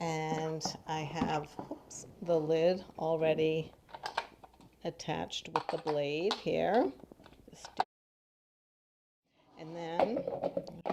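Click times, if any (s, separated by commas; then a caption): none. A frozen pint container with its bladed lid already attached is handled near the plastic base of a Ninja CREAMi ice cream machine while someone talks. Short handling knocks come around 4.0–4.6 s and again near 10.0–10.9 s, with a brief silence before the last stretch. Nothing has seated or clicked into place yet.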